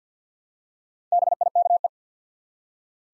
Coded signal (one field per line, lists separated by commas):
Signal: Morse code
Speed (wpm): 50 wpm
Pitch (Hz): 700 Hz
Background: none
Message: BIKE